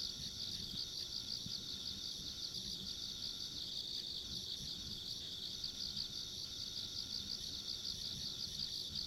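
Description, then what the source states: Crickets or similar insects chirr in a steady, finely pulsed high chorus, with a faint upper trill over a low background hum. Ambient insect sounds along a rural country road.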